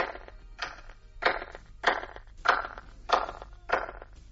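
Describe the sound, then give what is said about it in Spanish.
Seven evenly spaced hand claps echoing on the right side of the outer stone ring of Stonehenge, each a sharp crack trailed by a brief, ringing reverberation, steady in rhythm and moderately loud, with no voices. “si viéramos esas mismas palmas en el lado derecho del anillo de piedras exterior de Stonehenge, escucharíamos esto que el doctor Till ha grabado”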